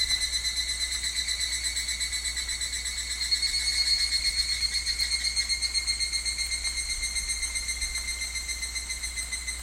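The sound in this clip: Higurashi cicada song, a shrill tinkling trill pulsed about four times a second, swelling slightly midway then continuing evenly, with a low hum in the background.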